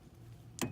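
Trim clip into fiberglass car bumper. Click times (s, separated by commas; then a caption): 0.6 s. A trim clip on a new fiberglass Cervini Mustang bumper is pushed down until it snaps home. Over a steady low hum, one sharp click sounds at 0.6 s, and the clip is seated.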